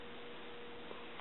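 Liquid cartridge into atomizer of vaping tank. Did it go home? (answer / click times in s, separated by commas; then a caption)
no / none. A liquid cartridge is handled against the atomizer of a vaping tank before being pushed on to snap into place. A steady hiss with a faint constant tone near 500 Hz carries throughout, with two faint soft ticks around 0.9 s and 1.2 s. The cartridge has not clicked or seated yet.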